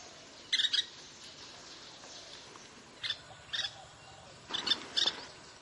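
Grey-capped pygmy woodpecker giving short, high, squeaky call bursts in a few separated groups, with a steady background hiss.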